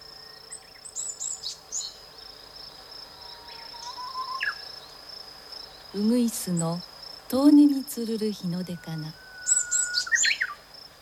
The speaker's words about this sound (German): Vom fernen Lied der Nachtigall emporgelockt, geht die Sonne auf.